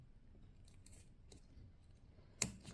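While building a DIY OptiMate O-77 charger cable with an MWTRB-06-1A-R part, a black plastic insert is pushed into a small wire-to-board connector housing. A few faint light ticks at about 0.7, 0.9 and 1.3 seconds come before one loud, sharp click at 2.4 seconds. At that click the insert seats in the housing.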